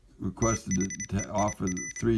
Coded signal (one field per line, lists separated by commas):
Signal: Morse code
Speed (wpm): 25 wpm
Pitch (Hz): 2000 Hz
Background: speech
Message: THEIR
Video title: Morse Code Regurgitator